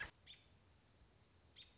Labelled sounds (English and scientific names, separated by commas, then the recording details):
American Robin (Turdus migratorius)
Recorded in Sonoma County, California